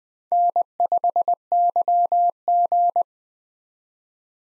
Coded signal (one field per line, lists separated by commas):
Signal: Morse code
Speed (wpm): 20 wpm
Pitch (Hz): 700 Hz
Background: none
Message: N5YG